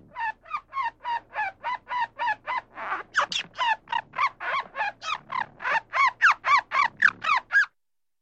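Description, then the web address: Squirrel chattering: a steady run of harsh, squawky barks repeated about four times a second for roughly eight seconds, with a brief noisy burst partway through. "suoni di scoiattolo"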